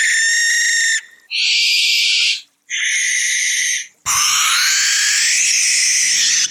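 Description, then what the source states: Barn owl screeches: a harsh, hissing screech about a second long, then two rasping bursts of similar length, then a long wheezy, breathy hiss. Played-back examples; male and female calls said to differ little, and the female call can resemble a young barn owl's call.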